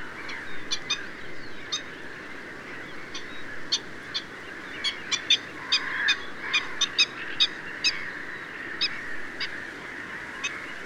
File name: black winged stilt